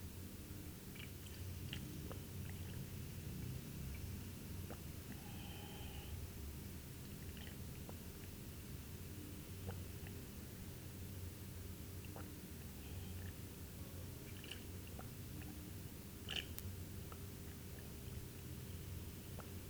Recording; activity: daily activity, guitar pickup as the sensor; drink water